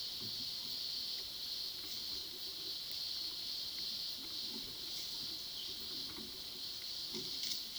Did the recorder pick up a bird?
no